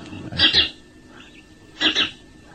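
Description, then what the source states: House sparrow giving loud, harsh chit-chit alarm notes in two separate doubled bursts. Alarm note, the loud 'chit-chit' one, serving a defense function.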